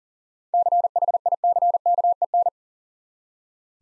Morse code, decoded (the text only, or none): CHICKEN